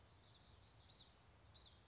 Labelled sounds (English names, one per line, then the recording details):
Common Yellowthroat
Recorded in Sonoma County, California